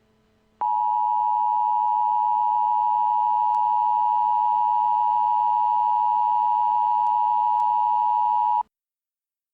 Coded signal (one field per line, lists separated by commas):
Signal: Emergency Alert System (SAME) tones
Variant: 853 and 960 Hz attention tone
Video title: EAS Scenario: Y2K Chaos